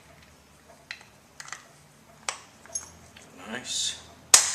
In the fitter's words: You should hear it snap. When it snaps, you'll be able to put your screws back in.